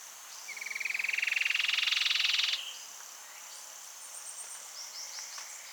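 Cherrie's antwren giving a rapid, buzzy trill that rises slightly in pitch and lasts about two seconds, followed by faint high chirps.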